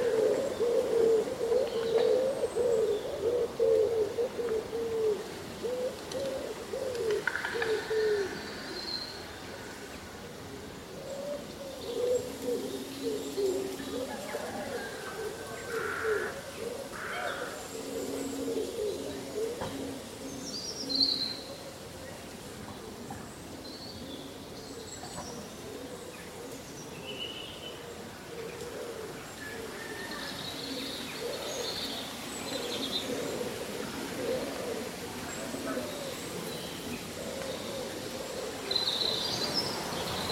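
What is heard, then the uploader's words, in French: Wind on a summer day rustles leaves in a steady, dense hiss that swells and eases throughout. Low cooing pigeon or dove calls recur often, while brief higher bird chirps and tweets pop up scattered across the clip, especially near the middle and end. Vent lors d’une journée d’été : Feuilles bruissantes et chants d’oiseaux. La symphonie des feuilles qui bruissent et les mélodies des oiseaux locaux.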